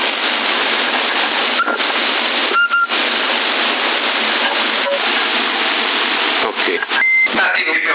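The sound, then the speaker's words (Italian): Crackly CB radio static, on a CB radio in Sassari in November 2021, hisses throughout, broken by a few short high beeps and a longer steady mid-pitched transmission tone lasting about two seconds near the end. “Quello c'ha anche il bip, infatti l'ho tolto, una bucheria.”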